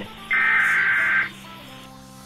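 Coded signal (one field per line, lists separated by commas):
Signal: Emergency Alert System (SAME) tones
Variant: header bursts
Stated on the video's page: Sample EAS tones for a decoding tutorial; encoding can be done with MultiMode Cocoa on Mac or a separate encoder.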